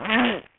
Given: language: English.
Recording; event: throat vibration sensor signal played as sound; throat clearing